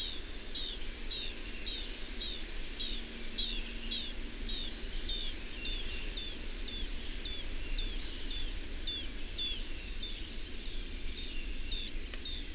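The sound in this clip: Bird song: a high, short chirping note repeated steadily about twice a second, each note a quick descending sweep.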